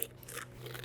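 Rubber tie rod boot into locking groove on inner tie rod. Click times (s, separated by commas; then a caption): 0.0 s. A rubber steering rack boot on a 2018–2025 BMW G01 X3 / G02 X4 is slid along the inner tie rod and snaps into its small locking groove, with a sharp click at 0.0 s. Faint rubbing and a few soft ticks follow, and the boot is confirmed seated.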